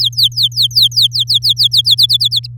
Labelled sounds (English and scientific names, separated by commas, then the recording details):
Domestic Canary (Serinus canaria) song
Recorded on 9 May 2018 at 13:29
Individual llb16